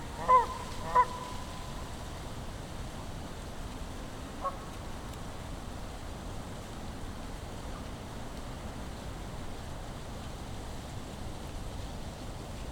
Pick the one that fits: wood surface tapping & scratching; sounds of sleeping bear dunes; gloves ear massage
sounds of sleeping bear dunes